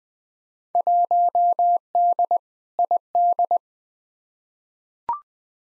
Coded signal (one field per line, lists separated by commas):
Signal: Morse code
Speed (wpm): 20 wpm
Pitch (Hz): 700 Hz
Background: none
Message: 1D ID